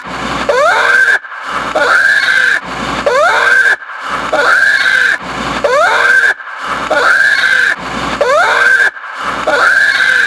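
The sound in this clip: American black bear giving loud, harsh bawling squalls with a rising wail, repeated about every one to one and a half seconds with short silent gaps.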